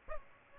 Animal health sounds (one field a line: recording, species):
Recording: mosquito wingbeat signal from an infrared sensor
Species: Aedes aegypti